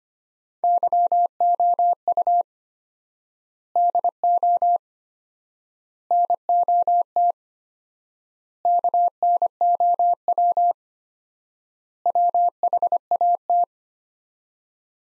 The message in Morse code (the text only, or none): YOU DO NOT KNOW WHAT